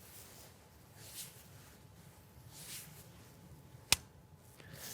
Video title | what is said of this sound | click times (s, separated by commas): TenPoint Turbo X Crossbow: 7 FPS FASTER Than the Rating! | So that click tells me that I'm fully cocked. | 3.9 s